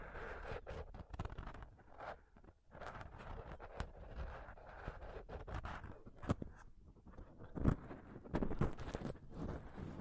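Intense scratching and touching on a microphone, a dense run of rough scrapes and taps with heavy low rumble throughout. Sharp knocks cut through around 2.5, 6.3, 7.7 and 8.6 seconds, the one near 7.7 the loudest, with brief quieter gaps between bursts.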